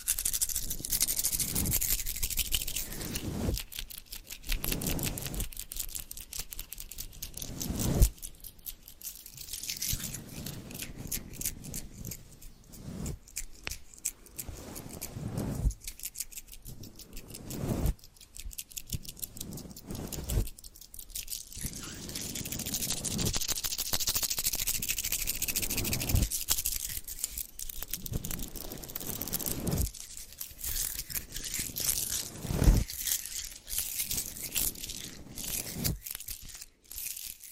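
Crinkling, squeezing, scratching and tapping sounds come in dense bursts every few seconds, with sharp taps and a bright crackling hiss throughout.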